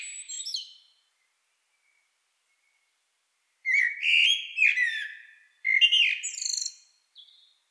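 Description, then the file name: Common blackbird song: a short high phrase, a long pause, then two warbled phrases of fluty low notes breaking into squeaky, twittering high flourishes. "Turdus merula"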